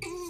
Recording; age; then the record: pig call; weaner (32 to 43 days)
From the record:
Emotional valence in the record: negative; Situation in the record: short isolation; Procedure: open field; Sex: female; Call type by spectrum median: low-frequency call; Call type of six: high-frequency stable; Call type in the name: high-frequency stable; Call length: 0.29 s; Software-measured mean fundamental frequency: 362 Hz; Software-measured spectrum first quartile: 398 Hz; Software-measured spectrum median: 1156 Hz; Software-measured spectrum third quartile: 4159 Hz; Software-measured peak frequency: 354 Hz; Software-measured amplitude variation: 83 dB a second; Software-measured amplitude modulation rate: 25.5 a second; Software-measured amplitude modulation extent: 3.3 dB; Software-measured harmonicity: 11.3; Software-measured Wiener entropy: -3.71